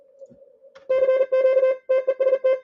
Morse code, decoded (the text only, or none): CQ TEST